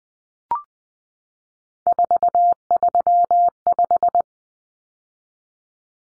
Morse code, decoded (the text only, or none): 435